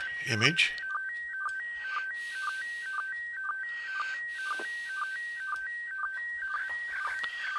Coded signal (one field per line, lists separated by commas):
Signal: SSTV (slow-scan television)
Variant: PD 120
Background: speech